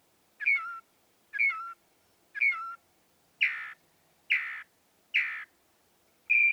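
Northern mockingbird song with a falling two-part phrase given three times about once a second, followed by three raspy, broader notes and a final high whistle.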